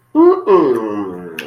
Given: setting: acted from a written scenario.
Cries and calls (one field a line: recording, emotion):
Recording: vocal sound without words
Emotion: ecstasy